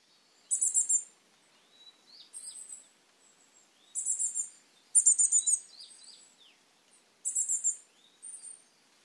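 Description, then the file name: Coal tit calling with short, very high buzzy phrases of rapid repeated notes, given every one to two seconds, with softer thin notes between. Recorded in Osado, Japan, on 18 June 2014. "higaraj osado"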